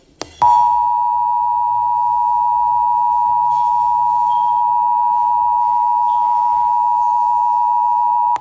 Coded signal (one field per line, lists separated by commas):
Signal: Emergency Alert System (SAME) tones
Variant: 853 and 960 Hz attention tone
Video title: KCBS, KNBC, KTLA 2023 EAS Test - October 4, 2023